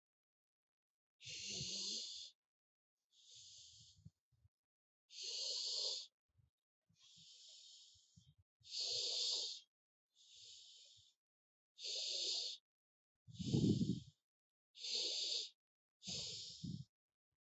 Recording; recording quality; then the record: deep breathing; excellent, no background noise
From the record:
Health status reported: healthy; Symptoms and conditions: none ticked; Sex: male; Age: 43 years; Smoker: not ticked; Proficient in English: yes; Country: India